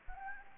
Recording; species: mosquito wingbeat signal from an infrared sensor; Anopheles gambiae